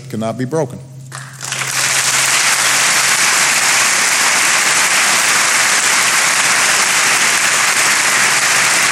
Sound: applause